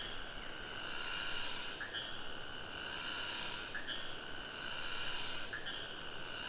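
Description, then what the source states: Cicada buzzing steadily, with a fresh upward-swooping phrase about every two seconds over a constant background drone. Singing cicada recorded close to the river in the Sumatra jungle at Ketambe, Aceh region, using a Sony PCM D50.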